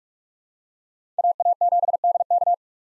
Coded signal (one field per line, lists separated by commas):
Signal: Morse code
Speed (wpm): 43 wpm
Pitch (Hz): 700 Hz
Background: none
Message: AA7DK